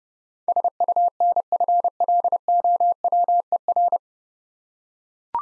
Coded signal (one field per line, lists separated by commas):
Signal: Morse code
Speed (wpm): 30 wpm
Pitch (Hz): 700 Hz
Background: none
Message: SUNFLOWER